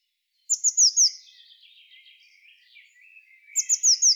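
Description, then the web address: Eurasian blue tit calls: a quick series of four thin, high, downslurred notes, then a soft buzzy chatter, and another four-note series at the end. "SETE data Cyanistes caeruleus"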